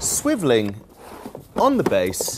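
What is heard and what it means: A Maxi Cosi Opal child car seat shell is handled on its plastic swivel base while being turned toward forward-facing use, and someone talks throughout. No click is heard, and the seat has not yet seated or clicked into place when the clip ends.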